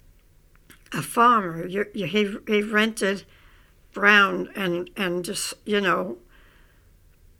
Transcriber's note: none